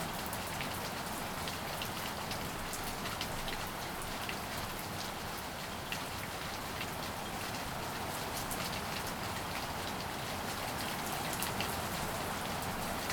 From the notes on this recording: A recording of light rain